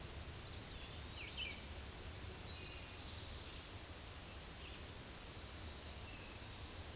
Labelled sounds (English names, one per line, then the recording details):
Black-and-white Warbler song
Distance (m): 25 m
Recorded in a Pennsylvania forest on 17 May 2023 at 13:25
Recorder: AudioMoth, point grid1_20_low
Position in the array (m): 49 m, 208 m